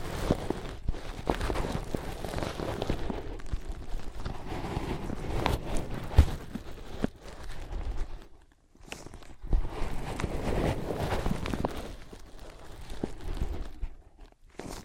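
Soft tapping and scratching on ear pads, a dense run of quick rustling strokes and light taps that keeps going with short pauses near eight seconds and just before fourteen. The sound sits mostly low and muffled, with occasional sharper clicks.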